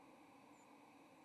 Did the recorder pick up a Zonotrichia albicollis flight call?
yes